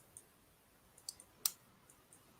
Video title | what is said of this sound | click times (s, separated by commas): Build The Terminator Issues 5 - 13 💀 | That sounds like it's clicked into place. Yep, that was. Wow, did you hear that? | 1.5 s